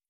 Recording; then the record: hydrophone in a shrimp aquaculture tank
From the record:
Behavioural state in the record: stressed